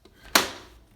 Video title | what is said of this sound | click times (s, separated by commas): Marvin Next Generation Double Hung Tilt Latch & Lock Replacement | comes down just like that and then when you go up the window automatically locks with | 0.4 s